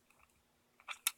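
A fire alarm device is pushed against its mounting base to snap it into place, giving faint rustles and then sharp clacks of plastic contact at about 0.9, 1.1 and 1.2 seconds. The device has not seated or clicked into the base yet.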